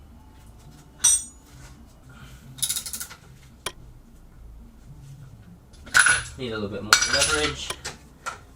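An engine accessory part, either the alternator mount or the belt, is being worked into its position on the engine while the alternator and accessory mounting is fitted, and more leverage is needed. Sharp metallic clinks and taps come at about 1.1 s, 2.9 s and 3.7 s, and someone talks near the end. Nothing has seated or clicked into place yet.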